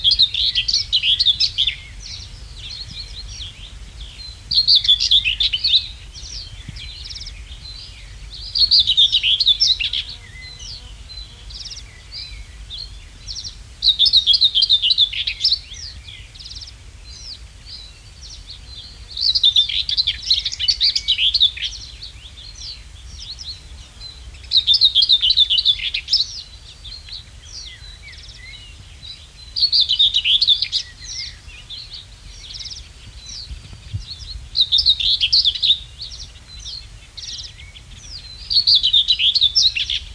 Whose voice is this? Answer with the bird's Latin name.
Sylvia communis